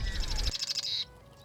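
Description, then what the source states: Marsh wren song: a rapid rattling trill ending in a short buzzy note, with low rumbling noise under the first half. Recorded in July 2011.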